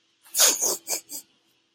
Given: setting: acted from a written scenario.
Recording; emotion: vocal sound without words; sadness